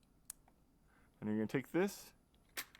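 A harness adapter connector is pushed into the motor controller harness of a Sur-Ron Ultra Bee during a controller installation, and it seats with one sharp click at 0.3 s. Afterward someone talks, and a faint tap is heard near the end.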